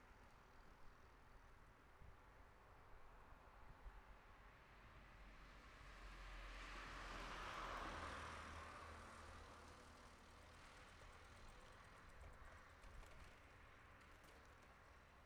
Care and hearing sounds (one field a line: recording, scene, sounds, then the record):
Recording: everyday scene through a hearing-aid microphone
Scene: in traffic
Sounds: traffic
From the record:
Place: city secondary road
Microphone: behind the ear, left, front